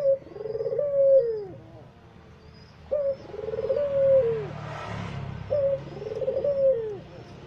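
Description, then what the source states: Barbary dove giving three purring coos with falling endings, spaced a few seconds apart, with a brief rushing noise between the last two. White Barbary dove ('puter putih'), masteran training song used in the Indonesian kicau mania songbird hobby for teaching songbirds.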